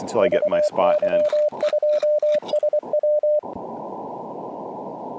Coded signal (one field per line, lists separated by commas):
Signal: Morse code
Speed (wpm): 24 wpm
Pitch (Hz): 600 Hz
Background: speech, radio noise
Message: VY2SW